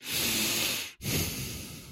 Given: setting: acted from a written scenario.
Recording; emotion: vocal sound without words; serenity